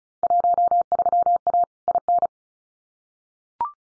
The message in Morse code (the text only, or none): 13A IN